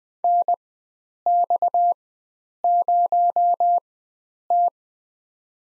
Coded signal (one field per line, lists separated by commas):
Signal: Morse code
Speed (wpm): 20 wpm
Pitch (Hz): 700 Hz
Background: none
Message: NX0T